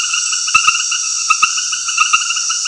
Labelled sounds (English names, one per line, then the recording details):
none
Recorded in dense forest near Puerto Asís, Putumayo, Colombia, on 20 February 2024 at 21:00
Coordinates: 0.496, -76.326
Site G6383